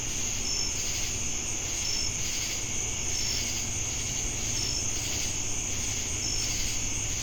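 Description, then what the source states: Steady shrill cricket trilling fills the air, punctuated by short clear notes roughly every one and a half seconds, with a pulsing buzz and low background hum. Crickets heard together with cicadas in Jamestown, North Carolina, USA, on 10 August 2018.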